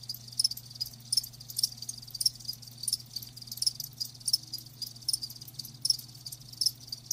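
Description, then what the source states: Cricket chirps in clear high pulses repeated at a steady pace, with a quiet low hum in the background. Live crickets chirping, presented as a lulling sleep sound.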